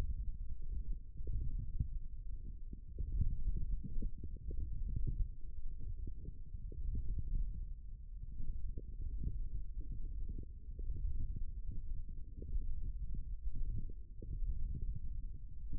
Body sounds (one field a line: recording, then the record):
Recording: forearm muscle sounds (acoustic myography)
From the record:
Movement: forearm pronation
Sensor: system 1, eight BSWA MPA416 microphones around the upper forearm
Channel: 2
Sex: male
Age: 18 years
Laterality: right